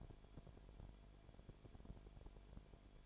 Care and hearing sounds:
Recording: daily activity, microphone in the room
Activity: no activity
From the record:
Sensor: 5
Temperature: 19.9 degrees Celsius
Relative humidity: 35.6%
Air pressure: 1003.4 hPa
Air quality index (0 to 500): 58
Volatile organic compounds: 1 ppm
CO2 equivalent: 640 ppm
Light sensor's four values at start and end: 2/3/1/1 and 2/3/1/1

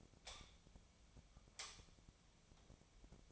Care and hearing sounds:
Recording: daily activity, microphone in the room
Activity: light on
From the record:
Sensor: 1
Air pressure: 1009.9 hPa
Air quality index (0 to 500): 189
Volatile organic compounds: 17 ppm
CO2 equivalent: 2600 ppm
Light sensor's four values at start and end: 36/92/38/47 and 46/131/54/62

